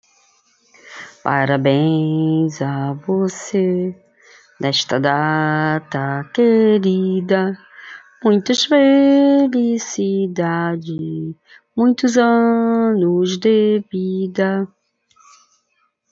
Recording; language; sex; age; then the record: short text; Brazilian Portuguese; female; 50 to 59 years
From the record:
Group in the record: control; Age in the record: 57 years